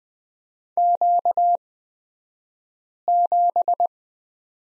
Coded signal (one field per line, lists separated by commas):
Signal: Morse code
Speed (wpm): 20 wpm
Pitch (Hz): 700 Hz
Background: none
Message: Q7